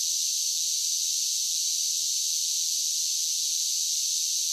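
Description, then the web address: A massed cicada chorus, a constant hissing buzz at high pitch, level and unvarying for the whole stretch. Large group of cicadas singing as a steady drone. "Blast Wave SSFX Cicadas Sing. cicadas large group steady drone insects bugs"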